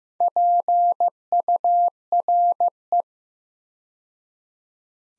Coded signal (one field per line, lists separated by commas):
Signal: Morse code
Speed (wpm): 15 wpm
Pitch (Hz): 700 Hz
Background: none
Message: PURE